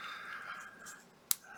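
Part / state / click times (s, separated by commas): wooden model part into wooden model frame / seated / 1.3 s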